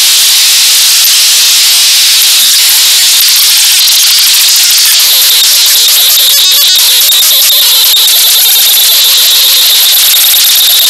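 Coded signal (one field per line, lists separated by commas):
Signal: ZX Spectrum tape loading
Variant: turbo loader, 11 kbps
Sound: continuous harsh screeching hiss with buzzy rhythmic bands and short harmonic chirps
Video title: Sinclair ZX Spectrum - Batman (1986) (Ocean Software) 48K Turbo Loader 11 kbps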